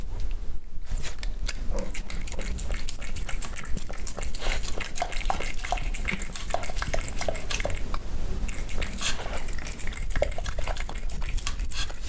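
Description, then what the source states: Cat eating, with wet, smacking chews and clicks in dense bursts throughout, over a steady low hum. Cat eating wet food.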